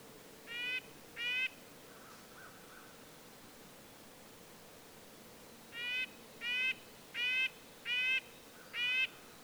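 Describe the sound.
Red-breasted nuthatch: two short nasal beeps, a few seconds of quiet, then a steady series of five more tinny notes.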